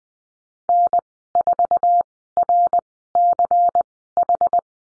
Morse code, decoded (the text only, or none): N4RCH